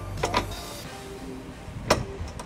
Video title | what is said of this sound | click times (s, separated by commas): 2003 Nissan Altima Trailer Hitch Installation | you hear that click you don't need to tighten down anymore it's torched its specifics | 1.9 s